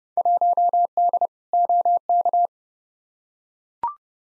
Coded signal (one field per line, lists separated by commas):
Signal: Morse code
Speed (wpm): 30 wpm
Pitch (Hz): 700 Hz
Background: none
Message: 1D OK